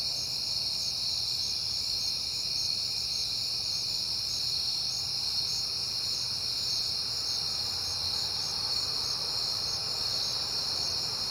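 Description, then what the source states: Crickets keep up a continuous shrill chorus, a rhythmic pulsed trill riding over a steady buzz, with a soft low rumble underneath. Crickets on a peaceful night in September.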